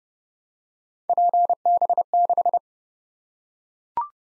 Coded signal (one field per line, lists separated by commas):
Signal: Morse code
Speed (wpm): 30 wpm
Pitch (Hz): 700 Hz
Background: none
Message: PB6